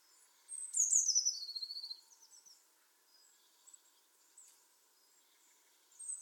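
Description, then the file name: Eurasian blue tit, a single high thin phrase: sharp descending notes followed by a fast lower trill, then near silence with faint high notes. "Cyanistes caeruleus"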